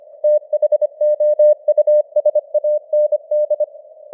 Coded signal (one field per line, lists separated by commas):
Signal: Morse code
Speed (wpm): 25 wpm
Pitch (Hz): 600 Hz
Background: none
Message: THOUSAND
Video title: Morse Code News | 2025-12-09 | 25wpm